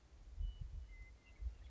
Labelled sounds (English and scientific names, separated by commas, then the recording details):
Western Meadowlark (Sturnella neglecta)
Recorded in Sonoma County, California